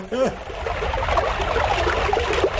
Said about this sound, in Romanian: Aoleu! Aoleu! A năvălit apa! A sfârmat roata morii!